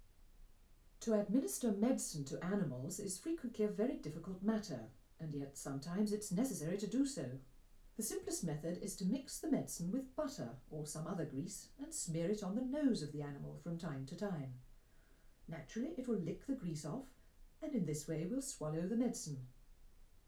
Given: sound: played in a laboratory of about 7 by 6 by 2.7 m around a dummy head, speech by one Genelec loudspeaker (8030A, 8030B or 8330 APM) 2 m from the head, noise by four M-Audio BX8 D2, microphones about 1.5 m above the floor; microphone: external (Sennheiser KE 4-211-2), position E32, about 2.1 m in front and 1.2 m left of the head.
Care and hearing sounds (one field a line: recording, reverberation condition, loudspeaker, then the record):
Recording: female speech in English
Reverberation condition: low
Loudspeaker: 30 degrees to the right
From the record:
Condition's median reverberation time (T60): about 310 ms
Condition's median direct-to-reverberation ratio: about 3.5 dB